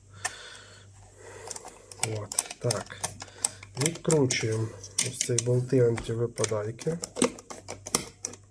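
Someone talks while unscrewing the captive (non-falling) screws that hold the case of an old 1967 radiometer housing. Sharp clicks at 8.0 s and 8.3 s mark a screw disengaging from its thread and coming free.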